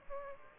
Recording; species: mosquito wingbeat signal from an infrared sensor; Aedes aegypti